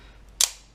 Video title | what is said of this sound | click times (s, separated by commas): Fix that OTF knife spring sound!! | but how you fix that is you just pull outward you'll hear it lock in place and | 0.4 s